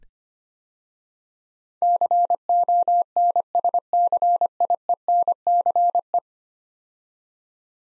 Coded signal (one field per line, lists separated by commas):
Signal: Morse code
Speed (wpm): 25 wpm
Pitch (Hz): 700 Hz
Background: none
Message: CONSCIENCE